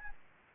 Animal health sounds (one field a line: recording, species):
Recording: mosquito wingbeat signal from an infrared sensor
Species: Aedes albopictus